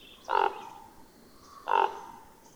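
Bird calling two brief nasal honks about 1.4 seconds apart, over a low background hiss.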